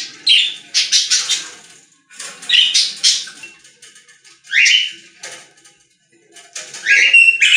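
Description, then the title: Budgerigar chirping chatter in four bursts, including rising squeaky notes, separated by short quiet pauses. "Budgie Sounds"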